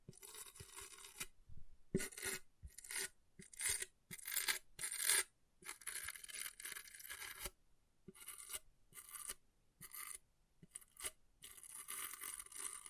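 Scratching of an object in short, bright, gritty strokes that start and stop irregularly, some brief and clipped, others stretching over a second or two. The raspy scraping is mostly high and hissy, with a few sharp ticks and clinks between strokes.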